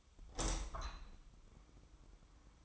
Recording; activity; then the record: daily activity, microphone in the room; open window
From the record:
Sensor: 1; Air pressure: 1004.6 hPa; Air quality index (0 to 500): 110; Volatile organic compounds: 3 ppm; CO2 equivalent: 1518 ppm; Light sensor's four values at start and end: 8/20/8/9 and 8/21/8/9